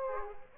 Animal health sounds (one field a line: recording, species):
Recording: mosquito wingbeat signal from an infrared sensor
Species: Aedes aegypti